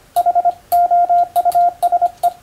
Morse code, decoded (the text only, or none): HOUSE